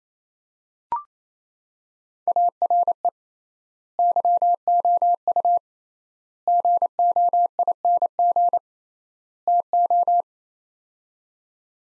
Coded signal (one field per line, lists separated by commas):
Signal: Morse code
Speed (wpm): 27 wpm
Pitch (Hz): 700 Hz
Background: none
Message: ARE YOU GOING TO